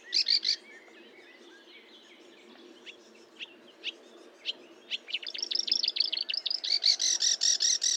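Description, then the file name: Marsh warbler song: a brief harsh opening burst, then scattered sharp ticks building into fast, varied chattering phrases with rapid buzzy trills toward the end. Recorded at Fontaine-Française (Fourneau), 1 June 2022 at 10:55, with a Nagra recorder and Telinga microphone. "Rousserolle verderolle 20220601 1055 Fontaine-Francaise-Fourneau-Nagra-Telinga"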